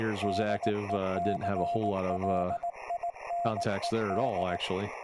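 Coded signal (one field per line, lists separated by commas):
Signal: Morse code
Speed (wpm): 18 wpm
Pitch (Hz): 690 Hz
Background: speech, radio noise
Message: DECLINED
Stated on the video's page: Live HF reception of a QST bulletin on an FTDX-10.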